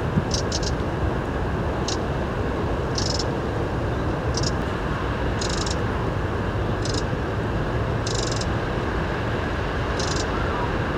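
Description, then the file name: Eurasian wren calls, rapid ticking rattles in short clusters, some doubled, repeated throughout over a steady low background rumble. "Troglodytes troglodytes"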